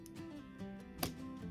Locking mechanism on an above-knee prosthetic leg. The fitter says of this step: there you're click into place